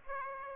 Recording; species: mosquito wingbeat signal from an infrared sensor; Aedes aegypti